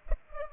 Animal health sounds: mosquito wingbeat signal from an infrared sensor; Culex pipiens

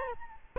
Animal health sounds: mosquito wingbeat signal from an infrared sensor; Aedes albopictus

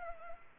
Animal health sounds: mosquito wingbeat signal from an infrared sensor; Culex pipiens

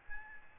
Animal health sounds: mosquito wingbeat signal from an infrared sensor; Aedes albopictus

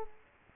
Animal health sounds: mosquito wingbeat signal from an infrared sensor; Culex quinquefasciatus

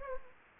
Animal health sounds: mosquito wingbeat signal from an infrared sensor; Anopheles gambiae

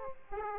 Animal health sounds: mosquito wingbeat signal from an infrared sensor; Aedes aegypti

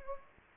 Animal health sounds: mosquito wingbeat signal from an infrared sensor; Anopheles gambiae

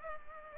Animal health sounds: mosquito wingbeat signal from an infrared sensor; Culex pipiens

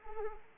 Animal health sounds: mosquito wingbeat signal from an infrared sensor; Anopheles arabiensis

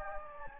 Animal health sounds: mosquito wingbeat signal from an infrared sensor; Anopheles gambiae

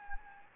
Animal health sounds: mosquito wingbeat signal from an infrared sensor; Anopheles gambiae

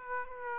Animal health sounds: mosquito wingbeat signal from an infrared sensor; Aedes aegypti

